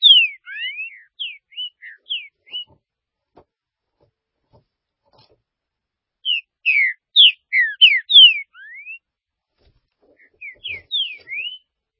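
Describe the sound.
Green-winged saltator song: rapid runs of bright whistled notes, falling and rising slurs, repeated after pauses.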